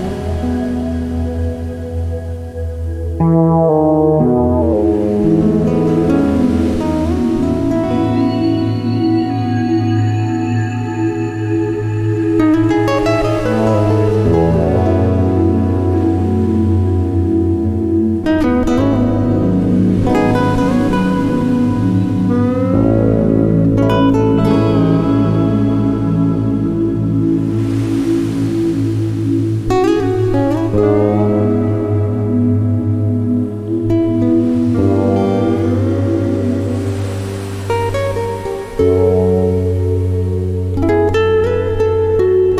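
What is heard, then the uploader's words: Meditative guitar notes ring over a sustained ambient pad, with a deep, steady low drone underneath throughout. Soft washes of hiss swell and fade every few seconds, like sea waves, while the chords shift slowly and the overall level stays even. Meditative guitar to ambient pad with sea waves.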